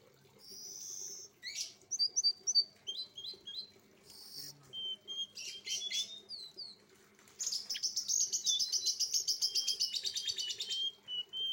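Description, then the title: Streaked spiderhunter song: a varied run of high whistles, rapid chirps and sharp notes, ending in a long fast buzzy trill; steady low hum beneath. Training recording for cage birds; actively singing, clear, long song. "Pijantung Gunung Gacor Jernih Panjang"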